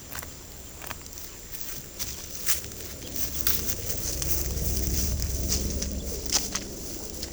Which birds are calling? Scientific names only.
none